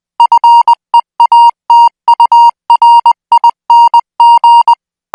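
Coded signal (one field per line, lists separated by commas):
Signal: Morse code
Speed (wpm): 20 wpm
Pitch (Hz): 940 Hz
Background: music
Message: FEATURING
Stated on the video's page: Morse code signal sent at 20 words per minute, made for military signal school training.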